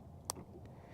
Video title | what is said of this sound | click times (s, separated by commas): The Rodcast Episode 142 Part 2 Lake Guntersville | So, you heard that click. | 0.3 s